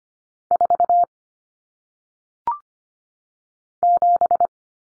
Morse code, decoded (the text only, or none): 4 7